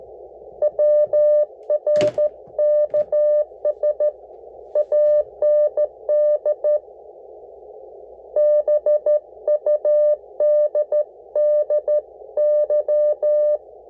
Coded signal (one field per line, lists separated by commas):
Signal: Morse code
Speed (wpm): 14 wpm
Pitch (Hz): 600 Hz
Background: none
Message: WRKS AND BUDDY